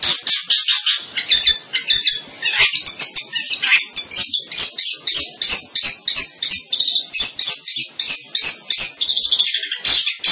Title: Kicau Burung Pentet